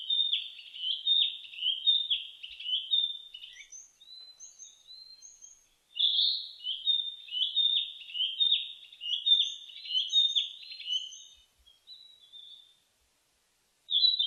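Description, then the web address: Narcissus flycatcher delivering bursts of quick, slurred whistles in two main runs separated by softer notes, with faint high chirps above and a short silence near the end. Recorded 15 May 2004. "2004 040515 kibitaki"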